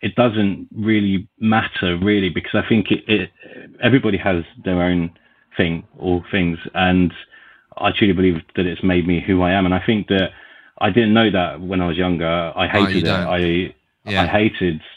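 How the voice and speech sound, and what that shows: A low-pitched adult male voice talks in short bursts broken by frequent silent pauses, with part-word and whole-word repetitions ("it it", "I hated, I hated") and hard, tense vowel onsets. These are the blocks and repetitions of an adult stammer, present since childhood, in a recruiter and business owner.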